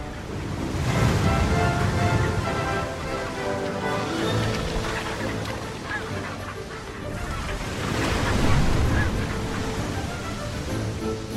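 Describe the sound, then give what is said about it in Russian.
Ocean surf crashes and washes over a rocky shore of rough lava, where penguins try to climb out of the water, in a steady, hissing roar, swelling loudly twice as waves break, with no voices present. “Пингвины пытаются выбраться на берег из воды.”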